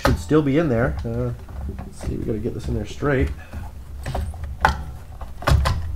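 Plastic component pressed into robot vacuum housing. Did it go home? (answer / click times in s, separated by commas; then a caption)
yes / 4.7 s. Someone talks while reassembling an iRobot Roomba 650 robot vacuum, lining a plastic part up straight and pressing it down into the vacuum housing. A sharp little click at 4.7 seconds is the part seating into place, showing it is reinstalled.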